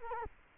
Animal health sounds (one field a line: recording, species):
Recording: mosquito wingbeat signal from an infrared sensor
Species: Culex quinquefasciatus